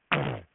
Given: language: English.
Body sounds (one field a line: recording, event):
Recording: throat vibration sensor signal played as sound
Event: throat clearing